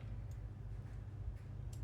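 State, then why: Seated. A metal bobbin case is popped back into the shuttle holder of a vintage Australian-made Singer 227M sewing machine from 1950–1960. Over a steady low hum, a short, sharp click is heard at 1.7 seconds as the case clicks into place and is seated.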